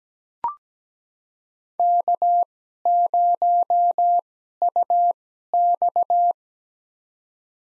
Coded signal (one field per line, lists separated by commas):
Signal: Morse code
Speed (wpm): 17 wpm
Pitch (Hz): 700 Hz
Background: none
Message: K0UX